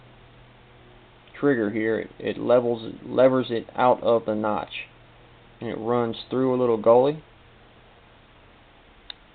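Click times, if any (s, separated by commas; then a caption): 9.1 s. A folding knife blade is swung through its arc while someone talks, its metal lock bar levering out of its notch and running along a curved track. At 9.1 s the lock bar snaps into the notch at the other end with a short, sharp metallic tick, and the blade lock is seated in the handle.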